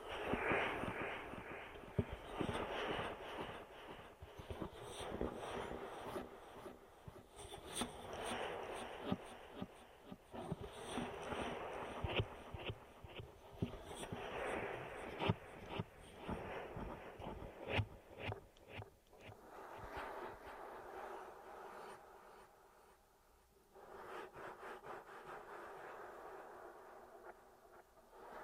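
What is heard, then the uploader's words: An ear massage: dense rubbing and rustling with a steady stream of quick crackles and soft thumps, mostly in the middle range. The strokes come in loose, uneven waves, busiest in the first twenty seconds, then thin out and quieten, nearly pausing around 23 seconds. Ear Massage.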